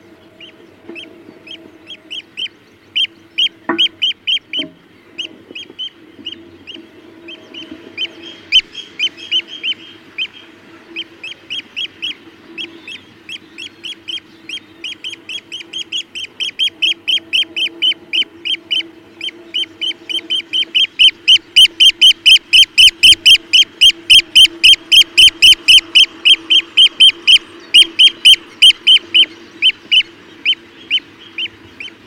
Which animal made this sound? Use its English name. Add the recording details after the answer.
Eurasian Oystercatcher. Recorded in the wild. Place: Wierden, Overijssel, NL. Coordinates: 52.358, 6.594. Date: 1990-05-13. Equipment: Nagra III BH, Sennheiser MD 21, parabola. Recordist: Schubert, Michael